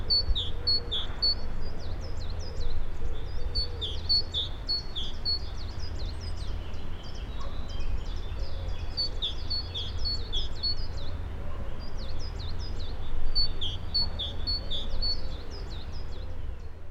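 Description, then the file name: Great tit calling in quick bursts of sharp, high chirping notes, with brief pauses between runs, set against a constant low rumble. "Parus major"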